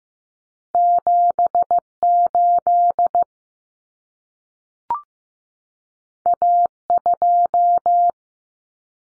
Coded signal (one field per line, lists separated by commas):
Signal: Morse code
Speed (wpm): 15 wpm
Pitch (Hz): 700 Hz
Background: none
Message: 78 A2